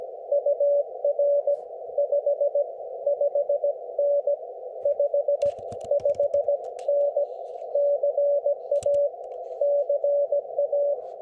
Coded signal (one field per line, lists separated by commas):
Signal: Morse code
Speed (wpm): 16 wpm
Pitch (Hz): 590 Hz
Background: none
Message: UR 55N 55N CA CA